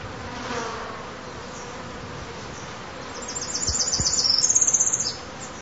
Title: LuckyPassaro Completos2Sama. Tropical Parula (Setophaga pitiayumi)